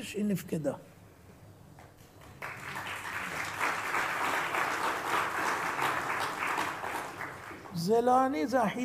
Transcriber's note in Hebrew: מחיאות כפיים